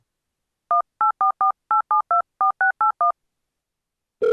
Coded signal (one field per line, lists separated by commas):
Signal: DTMF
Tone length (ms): 130 ms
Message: 18448724681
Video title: The Nuclear Within - An EAS Scenario